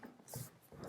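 A steel ZF41 telescopic sight in its mount is handled as it is brought back onto the rear-sight base on the barrel of an M98kF1 rifle, producing soft scraping and rubbing noises with a small tap at the very start. The clip ends before the mount goes home, so nothing has seated or clicked yet.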